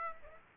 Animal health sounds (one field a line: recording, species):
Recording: mosquito wingbeat signal from an infrared sensor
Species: Aedes aegypti